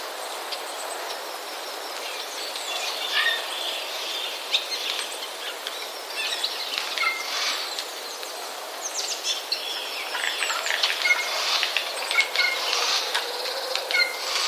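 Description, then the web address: Eurasian jay chattering: a dense, busy run of clicks, short whistles and soft chirps, with brief rising and falling notes over a steady hiss. Chatter of jays, recorded 31 March 2013. "wroblowe kolekcja szczebiotsojek 31 03 2013"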